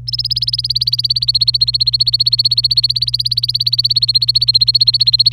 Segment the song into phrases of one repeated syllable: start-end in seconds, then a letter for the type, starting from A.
0.07-5.32 A